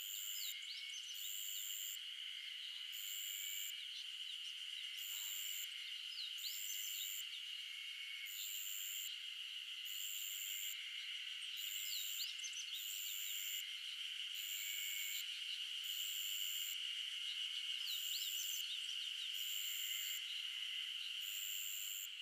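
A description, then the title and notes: Insects buzz and hum without a break on an early summer morning in the mountains, a dense, high-pitched drone. A very bright pulsing trill repeats roughly every second and a half above it, while short chirps flick in and out. Nothing low sounds underneath. The sound of the insects buzzing and humming away on a early summer morning in the mountains of Shizuoka Japan.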